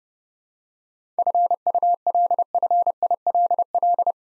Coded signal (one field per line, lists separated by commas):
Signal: Morse code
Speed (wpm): 30 wpm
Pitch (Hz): 700 Hz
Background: none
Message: FULFILL